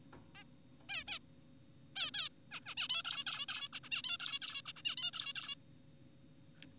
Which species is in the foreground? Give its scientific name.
Taeniopygia guttata